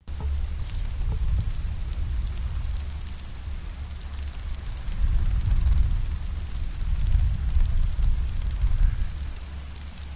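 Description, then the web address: Grasshopper or bush-cricket song, a continuous high-pitched hiss held steadily throughout without breaks, over a low rumbling background. "heuschrecken sound"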